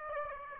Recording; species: mosquito wingbeat signal from an infrared sensor; Aedes aegypti